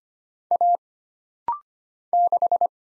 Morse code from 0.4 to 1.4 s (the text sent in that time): A